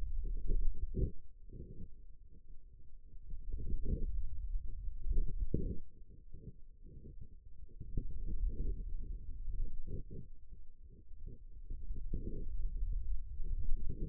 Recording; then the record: forearm muscle sounds (acoustic myography)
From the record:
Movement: pen grasping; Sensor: system 2, bracelet of six BSWA MPA416 microphones around the upper forearm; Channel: 3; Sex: male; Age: 22 years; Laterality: right